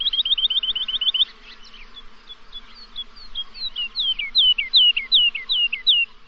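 Bird song: a fast trill of short notes for about a second, then a short pause and a series of downslurred notes that grow louder, about three per second, over a faint low hum.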